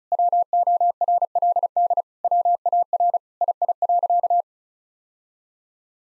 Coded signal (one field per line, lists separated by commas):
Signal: Morse code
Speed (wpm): 36 wpm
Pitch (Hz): 700 Hz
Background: none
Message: WORLD WAR II.